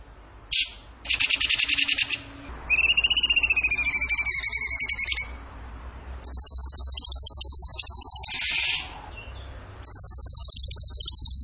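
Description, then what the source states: Bird song mixing a short sharp note, quick trills and a wavering, rising whistled phrase, followed by long, high machine-gun trills. Masteran training song for birds in the tembakan gacor style.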